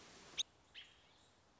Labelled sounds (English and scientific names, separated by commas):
American Robin (Turdus migratorius)